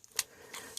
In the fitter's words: your button it pops right out on the safety